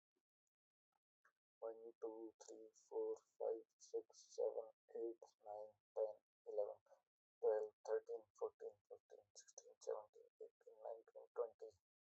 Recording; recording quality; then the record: counting at a normal pace; excellent, no background noise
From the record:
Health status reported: healthy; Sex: male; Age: 30 years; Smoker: yes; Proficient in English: yes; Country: India